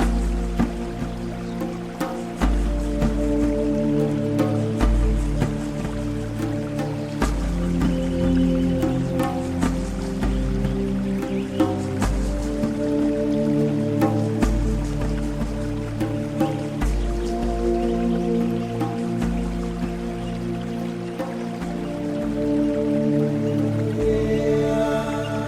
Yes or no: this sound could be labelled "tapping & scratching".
no